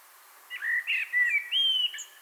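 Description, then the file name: Common blackbird song phrase: low, rich whistled notes sliding upward into a clear sustained whistle, finished with thin high squeaks. "Turdus merula"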